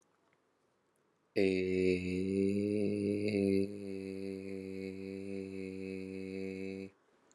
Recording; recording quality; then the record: sustained vowel as in made; excellent, no background noise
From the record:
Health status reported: recovered from COVID-19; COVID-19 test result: positive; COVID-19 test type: RT-PCR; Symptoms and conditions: cough, fatigue, muscle pain, loss of smell and taste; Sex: male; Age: 21 years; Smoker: no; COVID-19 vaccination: both doses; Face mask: not worn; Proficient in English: yes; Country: India